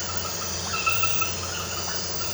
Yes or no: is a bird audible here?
no